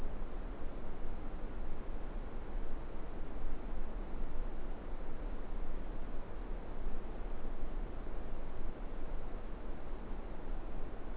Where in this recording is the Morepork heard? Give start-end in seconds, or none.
none